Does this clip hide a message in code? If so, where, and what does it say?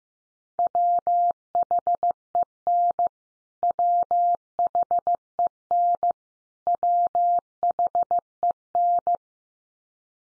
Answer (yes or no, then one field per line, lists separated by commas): yes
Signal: Morse code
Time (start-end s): 0.6-9.2 s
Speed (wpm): 15 wpm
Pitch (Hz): 700 Hz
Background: none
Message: WHEN WHEN WHEN